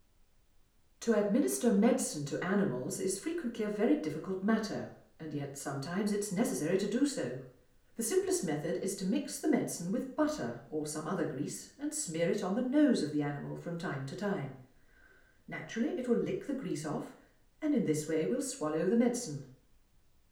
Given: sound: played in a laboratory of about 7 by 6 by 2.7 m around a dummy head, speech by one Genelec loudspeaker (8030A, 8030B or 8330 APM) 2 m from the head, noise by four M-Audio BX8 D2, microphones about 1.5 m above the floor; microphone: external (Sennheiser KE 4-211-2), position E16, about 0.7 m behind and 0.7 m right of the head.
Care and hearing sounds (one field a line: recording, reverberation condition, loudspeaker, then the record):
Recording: female speech in English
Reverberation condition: medium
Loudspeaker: 90 degrees to the left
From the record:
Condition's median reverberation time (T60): about 510 ms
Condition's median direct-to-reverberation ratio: about -0.5 dB